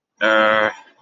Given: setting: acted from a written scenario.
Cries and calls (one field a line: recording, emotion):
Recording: vocal sound without words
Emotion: anger